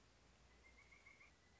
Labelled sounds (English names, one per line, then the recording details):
Pileated Woodpecker
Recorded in Sonoma County, California